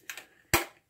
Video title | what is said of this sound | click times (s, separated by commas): Nuwave Brio 3q - This Is what's not explained | right there we go snaps in | 0.5 s